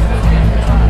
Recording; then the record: background sound without coughing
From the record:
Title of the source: Party Noise 1 Hour Party Ambience